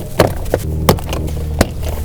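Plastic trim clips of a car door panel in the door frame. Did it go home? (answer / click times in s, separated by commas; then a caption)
released / 0.2 s, 0.9 s, 1.6 s. A Lexus GS350's interior door panel is pulled hard by hand, and its plastic retaining clips snap out of the metal door with sharp pops at 0.2, 0.89 and 1.61 seconds, plus smaller clicks at 0.54, 0.99 and 1.13 seconds. The pops sound like something breaking, but the clips are only released, leaving the panel hanging on by a thread after the screws were already removed.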